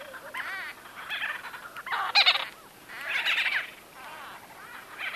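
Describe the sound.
White-fronted bee-eater chattering calls, bursts of rapid rolling notes from several birds overlapping, rising and falling in loudness.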